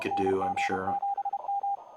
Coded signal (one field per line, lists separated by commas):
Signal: Morse code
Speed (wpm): 30 wpm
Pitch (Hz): 800 Hz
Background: speech, radio noise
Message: NG7M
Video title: NG7M Live CWOps CWT Mini / Utah Amateur Radio Club W7SP HF Remote